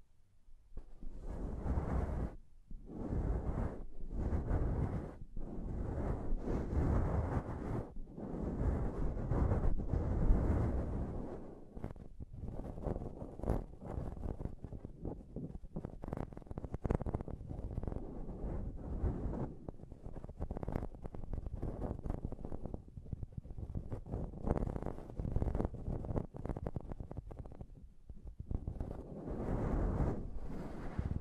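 Intense tapping and scratching on a microphone, heavy and low, coming in dense bursts with brief gaps between them. The rubbing stays busy almost throughout, with sharp dropouts near 2, 5 and 28 seconds, and grows loud and rough around 10 seconds.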